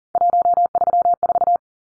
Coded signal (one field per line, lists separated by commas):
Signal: Morse code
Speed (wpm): 40 wpm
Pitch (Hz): 700 Hz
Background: none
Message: 134